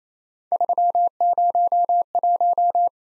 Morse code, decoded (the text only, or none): 301